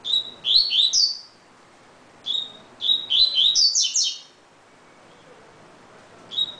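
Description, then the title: Double-collared seedeater song, quick phrases of high slurred whistles, the second longer and more elaborate, then the start of another. "Canto Coleiro"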